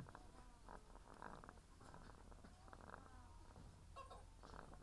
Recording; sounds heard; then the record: poultry house recording; sick chickens (respiratory disease)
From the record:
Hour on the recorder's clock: 17